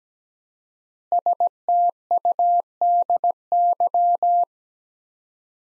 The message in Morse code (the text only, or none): STUDY